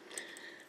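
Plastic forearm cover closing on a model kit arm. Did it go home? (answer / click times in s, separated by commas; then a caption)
yes / 0.2 s. A plastic forearm cover on a model kit arm is closed back over the hand, which has been folded into the forearm. A single sharp snap at 0.2 s marks the cover locking shut over a faint background hiss. No one talks.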